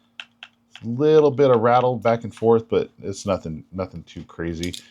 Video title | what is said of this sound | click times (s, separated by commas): HX OUTDOORS ROCK APEX, let's find out if it can handle camp and edc tasks! | come in here, it's got a nice positive lockup. Hear a nice click. | 0.2 s